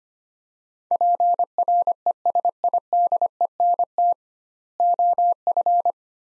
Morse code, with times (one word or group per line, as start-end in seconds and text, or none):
0.9-4.1 PRESIDENT
4.8-5.9 OF